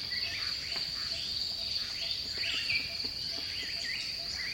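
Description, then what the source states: Bird song of short warbled and slurred whistled phrases over a steady high insect drone. Recorded in dipterocarp forest.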